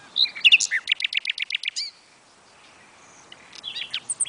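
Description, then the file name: Common nightingale song: sharp chirps lead into a rhythmic run of evenly repeated notes, a brief hush, then more scattered high calls. "Luscinia megarhynchos"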